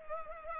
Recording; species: mosquito wingbeat signal from an infrared sensor; Culex pipiens